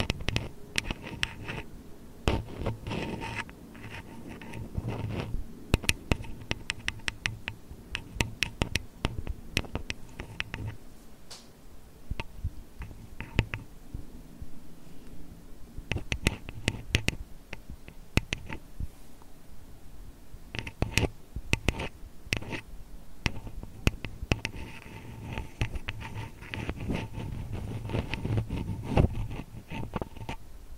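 ASMR tapping, scratching and touching: sharp, crisp taps land irregularly throughout, sometimes in quick clusters, over a soft rustling, scratchy bed. A faint steady tone and low hum sit underneath the whole time, with the tapping busiest near the start and end.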